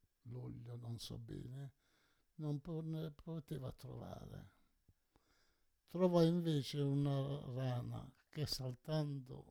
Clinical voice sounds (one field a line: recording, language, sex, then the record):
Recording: read passage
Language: Italian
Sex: male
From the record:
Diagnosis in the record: Parkinson's disease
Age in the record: 68 years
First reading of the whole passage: 84 s, 6.2 characters per second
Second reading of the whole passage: 63 s, 8.2 characters per second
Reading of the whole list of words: 57 s, 5.0 characters per second